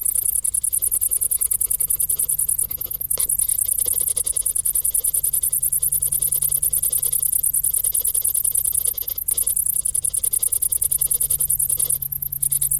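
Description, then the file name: Cricket chirping in a steady high-pitched pulsing trill, broken by a few short pauses, over a low constant hum. "Grillen"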